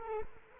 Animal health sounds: mosquito wingbeat signal from an infrared sensor; Culex quinquefasciatus

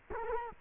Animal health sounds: mosquito wingbeat signal from an infrared sensor; Culex quinquefasciatus

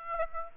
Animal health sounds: mosquito wingbeat signal from an infrared sensor; Aedes aegypti

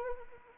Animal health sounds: mosquito wingbeat signal from an infrared sensor; Anopheles arabiensis

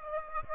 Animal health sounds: mosquito wingbeat signal from an infrared sensor; Aedes aegypti

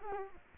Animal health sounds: mosquito wingbeat signal from an infrared sensor; Culex quinquefasciatus

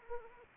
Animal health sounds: mosquito wingbeat signal from an infrared sensor; Anopheles arabiensis

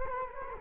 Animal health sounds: mosquito wingbeat signal from an infrared sensor; Culex quinquefasciatus

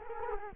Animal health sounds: mosquito wingbeat signal from an infrared sensor; Culex quinquefasciatus

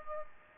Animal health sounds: mosquito wingbeat signal from an infrared sensor; Aedes aegypti

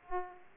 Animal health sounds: mosquito wingbeat signal from an infrared sensor; Aedes aegypti

